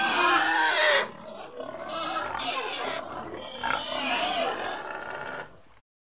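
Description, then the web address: Pig squealing: a loud, shrill, harmonic squeal for the first second, then continuous harsh, noisy squealing until the sound cuts off near the end. "pigs animal sounds 04-pig"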